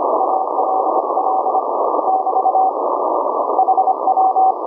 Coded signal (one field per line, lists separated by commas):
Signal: Morse code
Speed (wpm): 25 wpm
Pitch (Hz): 760 Hz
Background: none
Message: ALL <BT> HW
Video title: HAM RADIO - Remote Rig Audio - Remote Rig Control - live demo of REMOTE SOFTWARE during HF CW QSO